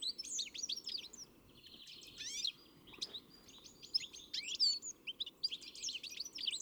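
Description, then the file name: European greenfinch with bursts of bright twitters and short wheezy buzzes, broken by brief pauses; faint low hum throughout. "Chloris chloris"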